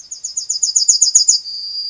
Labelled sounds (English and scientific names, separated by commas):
Yellowhammer (Emberiza citrinella) song